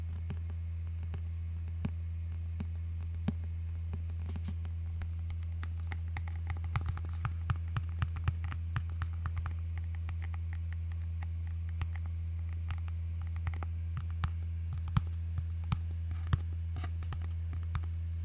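Fingers tap on a book cover in quick, crisp clicks, scattered at first and bunching into a busier run from about six to ten seconds before thinning out again. A steady low hum sits underneath the whole time.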